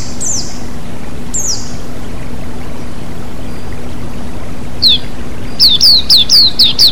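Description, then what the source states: White-eye giving two high falling notes early, then a single chirp and a rapid string of downslurred chirps above steady flowing water. White-eye (pleci) with flowing water, bird therapy.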